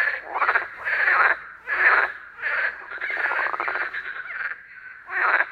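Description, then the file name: Frog croaks come as loud, grating pulsed bursts, about five or six over a few seconds, with one longer drawn-out rattle. "Frogzma"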